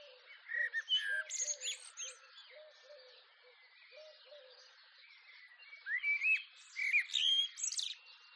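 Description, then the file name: Common Blackbird's rich warbling comes in two bursts amid high twitters of other birds, with soft low repeated notes through the first half. Garden at dawn, with other birds in the background and a collared dove joining in the distance. "skyclad sound blackbird"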